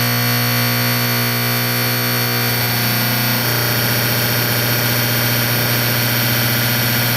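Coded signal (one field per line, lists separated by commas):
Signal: alarm pattern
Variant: electromechanical AC fire horn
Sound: a loud, continuous, rasping electric horn buzz with no breaks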